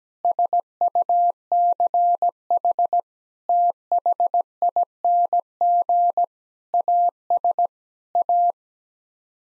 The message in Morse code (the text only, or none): SUCH THING AS A